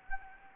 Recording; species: mosquito wingbeat signal from an infrared sensor; Anopheles gambiae